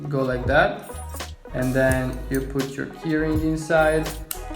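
A keyring holder on a power bank housing is opened and a keyring is placed inside while someone talks over background music, with light handling clinks. The holder has not snapped into place yet; the clip ends before it closes.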